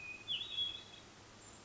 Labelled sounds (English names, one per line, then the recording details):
Hermit Thrush
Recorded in Sonoma County, California